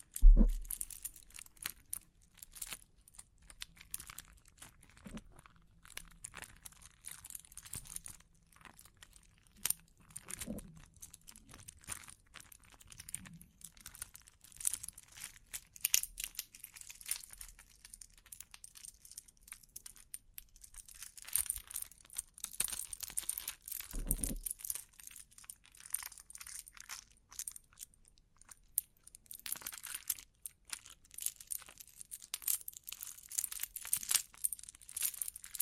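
Bling bling triggers: a steady stream of small, bright clicks and tinkles, like coins or jewelry being handled and tapped. The crisp metallic ticking is dense and irregular throughout, with a louder thud right at the start and another around 24 seconds.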